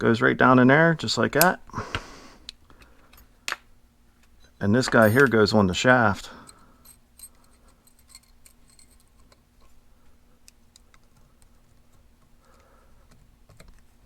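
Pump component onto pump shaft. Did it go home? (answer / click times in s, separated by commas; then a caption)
no / none. During a rebuild of an Annovi Reverberi (AR) XMV3G25D pressure washer pump, a pump part is handled and positioned to go onto the crankshaft while someone talks. Light taps and small handling sounds follow, including a sharp tick near 2.5 s and a faint one near 10.5 s. The part is still being handled, and nothing has seated or clicked yet.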